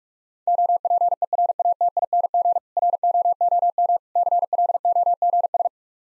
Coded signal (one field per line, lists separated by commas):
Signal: Morse code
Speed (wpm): 45 wpm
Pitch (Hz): 700 Hz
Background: none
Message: OPERATING ROOM CLOGS